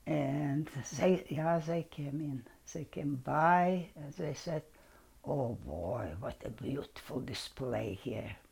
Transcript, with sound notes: And, ya, they came in. They came by, and they said,, (low voice) oh, boy, what a beautiful display here.